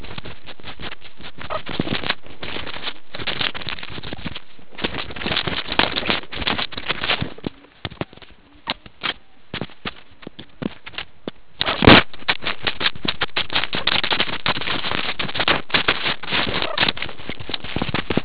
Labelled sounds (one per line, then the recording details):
meerkat close call
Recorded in the Kuruman River Reserve, South Africa
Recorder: an audio tag on a meerkat's collar